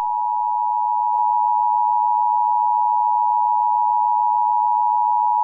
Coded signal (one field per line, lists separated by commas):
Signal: Emergency Alert System (SAME) tones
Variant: 853 and 960 Hz attention tone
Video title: EAS Scenario #3: Deadly Fireworks *4th of July Special*